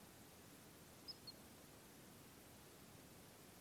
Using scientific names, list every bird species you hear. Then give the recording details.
Fulica atra. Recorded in France